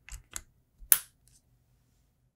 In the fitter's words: up the pins and insert until you hear a click